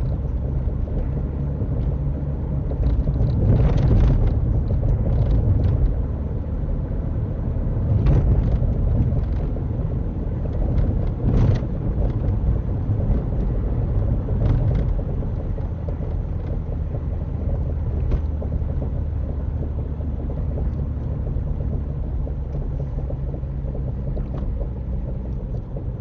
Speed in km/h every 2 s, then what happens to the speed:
55, 53, 56, 58, 60, 63, 63, 58, 56, 55, 52, 47, 42.
0-12 speeds up to 63. 12-26 slows to 42.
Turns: none.